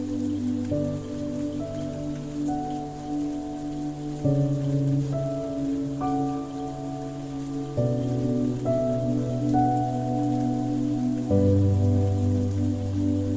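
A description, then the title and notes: Soft, sustained piano chords change slowly every few seconds over a steady patter of rain that fills the background throughout. Calming piano melodies harmoniously blended with the gentle patter of rain.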